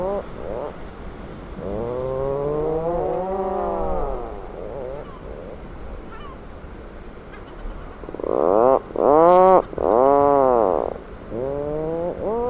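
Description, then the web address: Atlantic puffin calls: a series of wavering harmonic groans, then several loud arched notes in quick succession. "sound Atlantic-puffin. صدای-پرنده-پافین-اطلس"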